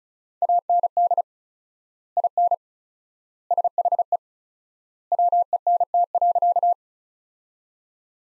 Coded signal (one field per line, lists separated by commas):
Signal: Morse code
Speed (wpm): 36 wpm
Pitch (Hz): 700 Hz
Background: none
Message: AND IN SHE WENT.